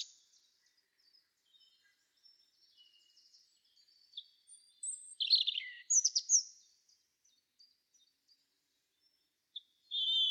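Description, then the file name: European robin giving soft, high trickling notes, then a brighter burst of sharp whistled and twittering notes midway, with a longer loud note at the end. "Erithacus rubecula"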